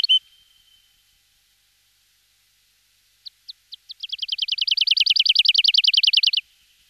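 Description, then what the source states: Woodlark song: an opening whistled note, a pause, then spaced notes quickening into a long, even, liquid trill of repeated descending notes. Song, in a local recreation area.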